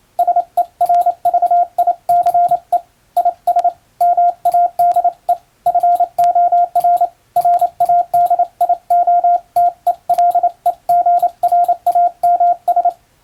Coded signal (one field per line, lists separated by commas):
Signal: Morse code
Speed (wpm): 27 wpm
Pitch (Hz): 700 Hz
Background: radio noise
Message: SERVICE IS MADE FOR RADIOTELEGRAMS